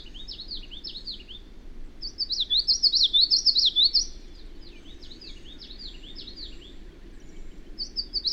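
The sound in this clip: Bird song: rapid, high, warbling phrase of looping notes that swells from about two to four seconds, softer notes after, a steady low hum underneath.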